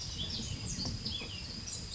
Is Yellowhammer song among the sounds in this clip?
no